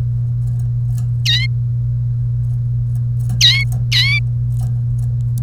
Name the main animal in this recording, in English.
Domestic Canary